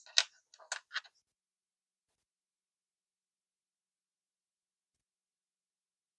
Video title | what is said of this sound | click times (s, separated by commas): “I Redesigned Ball Jointed Dolls… and Made Them BETTER (Engineer’s Approach)” | Okay, you got to keep tension on it. Just keep tension, pull, and then snaps in place. | 0.2 s